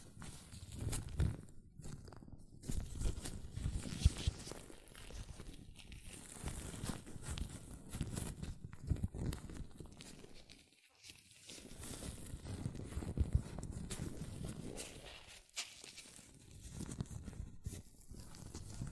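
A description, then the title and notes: Latex-gloved hands rub, squeak and slap in dense, irregular bursts of crinkly friction, with brief quiet gaps near eleven and fifteen seconds. ASMR Latex Gloves Hand Sounds (No Talking).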